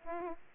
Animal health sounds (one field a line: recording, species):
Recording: mosquito wingbeat signal from an infrared sensor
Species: Aedes aegypti